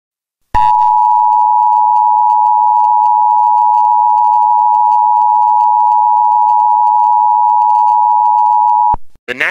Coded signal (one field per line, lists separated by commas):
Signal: Emergency Alert System (SAME) tones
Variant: 853 and 960 Hz attention tone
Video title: Angry EAS: Tom is Hi on Drugs